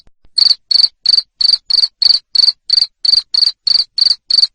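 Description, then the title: Cricket song of sharp pulsed chirps, starting after a short quiet moment and then repeating evenly, about three a second. Loud cricket chirping used to stimulate lovebirds into continuous singing (ngekek). "Suara JANGKRIK NGERIK Keras Bikin LOVEBIRD Jadi NGEKEK Terus"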